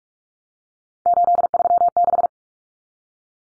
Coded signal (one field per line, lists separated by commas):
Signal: Morse code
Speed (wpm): 44 wpm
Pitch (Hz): 700 Hz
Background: none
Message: 836